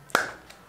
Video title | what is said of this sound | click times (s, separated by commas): Memory Card Case - Himanshu Films And Talk - Memory Card | इसमें Snape online system है lock हो जाता है तो इसमें कार गिरने का डर नहीं रहता | 0.2 s